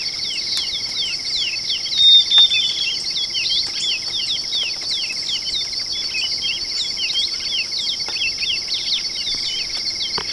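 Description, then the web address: Bird calls, a rapid run of short, high, downslurred notes repeated many times, over a loud, steady, high insect drone throughout. "BIRD 2015 SABIOD"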